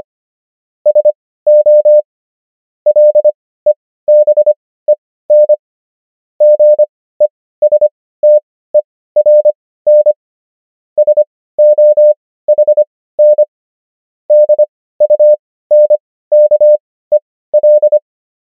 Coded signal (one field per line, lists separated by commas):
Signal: Morse code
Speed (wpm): 25 wpm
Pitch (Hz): 600 Hz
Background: none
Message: SO LEBEN GESTERN SOHN DUNKEL